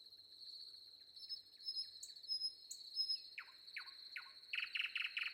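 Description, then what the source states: Common nightingale song of soft ticking notes and high thin whistles, building to loud descending buzzy phrases, over a steady high cricket trill. Recorded with crickets.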